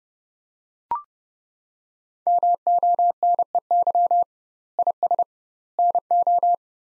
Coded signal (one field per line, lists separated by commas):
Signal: Morse code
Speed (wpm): 30 wpm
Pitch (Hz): 700 Hz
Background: none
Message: MONEY IS NO